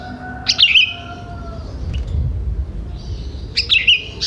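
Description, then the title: Sooty-headed bulbul song: two brief bubbly phrases of bright, slurred notes about three seconds apart, with quiet low hum underneath. "Kutilang"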